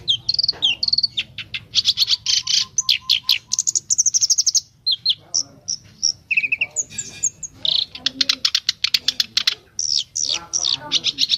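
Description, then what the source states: Streaked spiderhunter giving quick sharp chips, scratchy buzzy phrases and short clipped whistles, repeated densely with few gaps. Lively, clear, long 'gacor' singing, presented as a master tutor recording for training birds.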